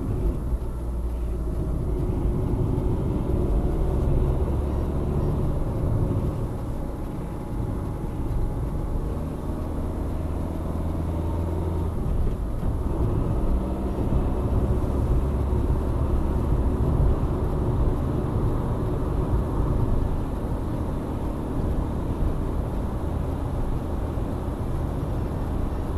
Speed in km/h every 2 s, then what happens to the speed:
46, 46, 52, 56, 59, 63, 66, 73, 78, 81, 82, 83, 83.
3-17 speeds up to 81. 17-26 steady at about 82.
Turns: none.